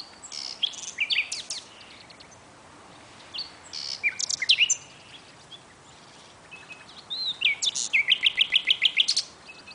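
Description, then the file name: Common nightingale song in varied high phrases: sharp whistles and chirps, pauses between, ending in a fast series of repeated clicking notes. "Luscinia megarhynchos"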